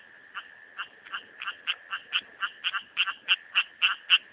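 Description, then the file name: Rocket frog calling: a steady series of short, sharp, rattling notes, roughly four per second, growing louder toward the end. "litoria nasuta"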